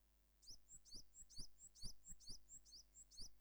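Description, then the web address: Japanese tit singing high, sharp two-note phrases repeated rapidly and evenly, over a low steady hum. "Parus minor song"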